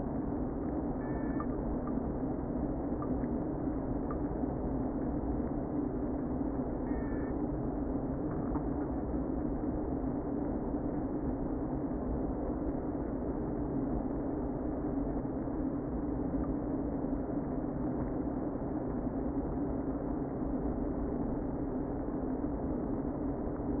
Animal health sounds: honeybee colony, microphone inside the hive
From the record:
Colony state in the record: queen present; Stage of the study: before two queens were removed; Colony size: about 60,000 bees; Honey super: yes

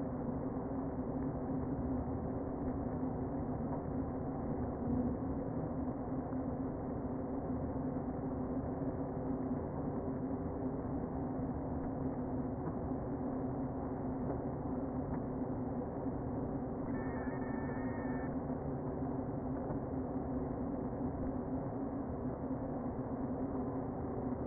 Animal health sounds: honeybee colony, microphone inside the hive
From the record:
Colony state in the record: queen present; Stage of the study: before two queens were removed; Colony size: about 60,000 bees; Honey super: yes

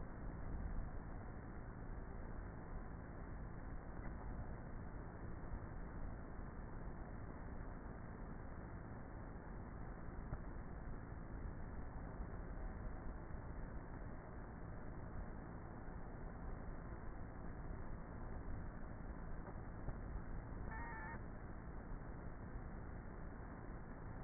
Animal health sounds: honeybee colony, microphone inside the hive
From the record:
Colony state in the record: queenless with a low population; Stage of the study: before two queens were removed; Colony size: about 30,000 bees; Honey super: no

